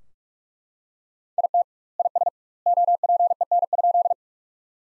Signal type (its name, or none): Morse code